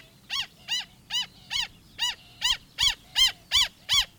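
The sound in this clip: Black stilt uttering a brisk series of arched, yelping notes, getting slightly louder throughout.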